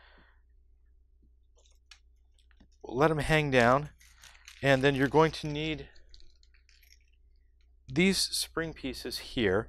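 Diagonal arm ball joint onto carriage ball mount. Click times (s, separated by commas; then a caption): 1.9 s. On a SeeMeCNC Rostock Max v3.2 3D printer, the ends of the diagonal arms are pressed onto the ball mounts on the carriage, and a ball joint snaps on with a sharp click at 1.9 s, followed by a few fainter ticks. Someone then talks, with more small clicks around 6.2–6.9 s, and the arm ball joint is seated on the carriage.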